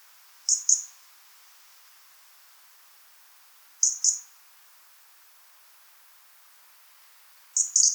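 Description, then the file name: European robin calling with high, thin paired ticks, each pair coming roughly every three and a half seconds, with silence between. "Erithacus rubecula"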